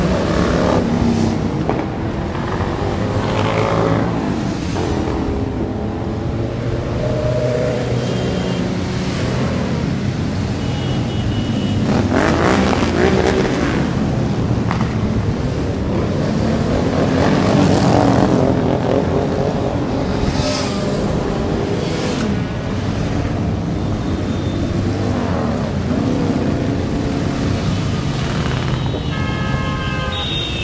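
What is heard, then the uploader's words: A column of motorcycles rolls along the avenue, engines rumbling and revving continuously, with rising and falling whines as bikes pass throughout. Vladivostok, Opening of the biker season,"column" on the avenue. Открытие мотосезона 2019 год, "колонна" на Океанском проспекте.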